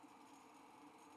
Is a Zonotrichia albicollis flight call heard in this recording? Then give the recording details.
no. No flight call is heard. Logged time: 09:03 on 5 December 2014